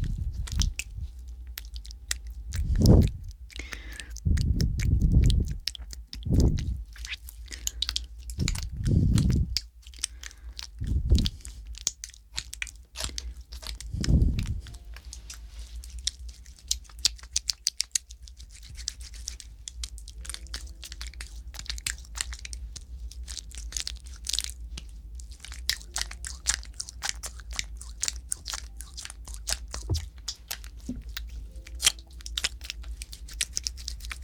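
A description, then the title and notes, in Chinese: Mouth sounds with aloe gel: sticky, wet clicks and squishes crackle densely throughout, bright. In the first fifteen seconds, soft low thumps land every couple of seconds, then fade, leaving a steady stream of fine, moist smacking. 口腔+芦荟胶 助眠asmr。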